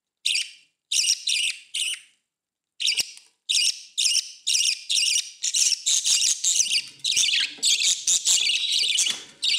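Budgerigar calls: a few short bright chirps, a brief pause, then rapid, nearly continuous scratchy chattering notes running to the end.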